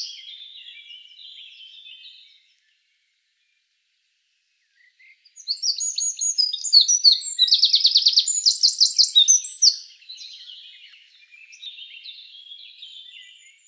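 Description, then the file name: Eurasian wren song: soft high chatter, a pause, then a loud burst of rapid notes with a fast rattling trill, followed by quieter twittering. "Troglodytes troglodytes"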